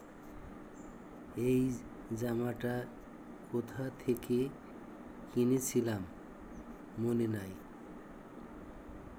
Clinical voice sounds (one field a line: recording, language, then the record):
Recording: elicited speech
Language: Bengali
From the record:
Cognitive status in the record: dementia